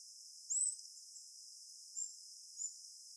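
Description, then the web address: Orinoco piculet calls: three thin, very high whistled notes, the first longer and slurred, spaced irregularly over a steady hiss. "Orinoco piculet. دانلود-صدای-پرنده-دارشکنک-اورینوکو"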